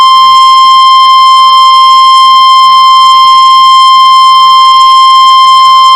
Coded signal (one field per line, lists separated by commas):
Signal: Emergency Alert System (SAME) tones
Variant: 1050 Hz attention tone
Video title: Livestream EAS #8 SVR (NWS TULSA OK)